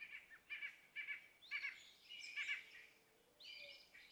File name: Yellow-bellied Sapsucker